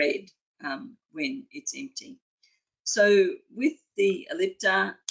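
Someone talks while handling a dry powder inhaler, with the plastic mouthpiece cover about to be pulled down to open it and load the dose. The clip is mostly speech, and nothing has seated or clicked yet.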